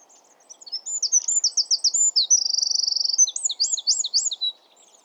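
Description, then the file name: Eurasian wren song, a long, fast outpouring of shrill, high notes with a steady machine-gun trill in the middle, then more quick ringing notes. "Troglodytes troglodytes"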